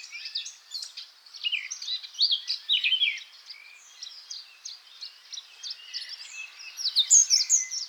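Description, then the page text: Eurasian blackcap song, a fast scratchy warble of varied chattering notes, rising to a louder, clearer fluting phrase near the end. "Christoph Bock - Славка-черноголовка (Sylvia atricapilla)"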